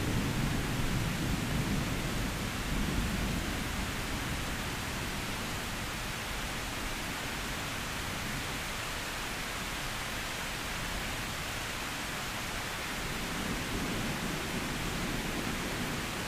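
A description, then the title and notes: Heavy rain hisses in a dense, unbroken wash that fills everything from deep to bright. Low rumbling swells under the rain in the first few seconds and again near the end, like distant thunder rolling, while the overall loudness stays nearly constant. Heavy Rain with Loud Thunderstorm Sounds (Brown & White Noises).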